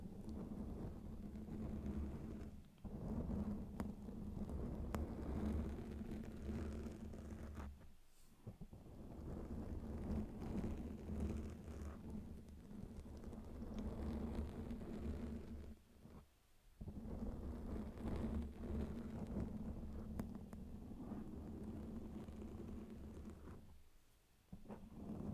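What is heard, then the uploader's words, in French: Intense scratching on a microphone, a dense, rough, low rumbling scrape that runs steadily, broken by brief drops near 3, 8, 16 and 24 seconds. Gratouilles intenses (scratching micro).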